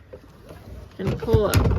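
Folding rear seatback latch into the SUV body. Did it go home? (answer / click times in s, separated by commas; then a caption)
no / none. Someone talks while pulling the release lever and raising the folded rear seatback of an Acura MDX (2010–2013) so its latch can lock into the SUV body. From about 1.0 s, louder rustling and handling noise rises as the seatback is lifted. The clip ends before the latch goes home, and nothing has seated or clicked yet.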